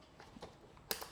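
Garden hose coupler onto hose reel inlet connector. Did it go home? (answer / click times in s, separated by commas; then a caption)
yes / 0.9 s. A standard plastic garden hose coupler is pushed onto the inlet connector of a hose reel, with a few soft fumbling knocks at first. A sharp snap sounds at 0.9 s, and the coupler is seated, held really firm on the reel.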